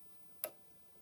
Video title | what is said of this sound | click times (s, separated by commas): Introduction to the Janome Atelier 7 - My favourite feature so far and how to thread the machine. | and wait for a little click | 0.4 s